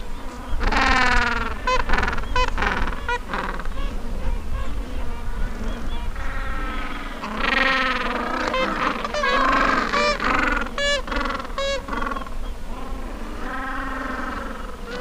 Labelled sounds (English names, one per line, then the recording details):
Gentoo Penguin
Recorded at the colony at Sea Lion Island, on 19 December 2014
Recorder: Song Meter SM2+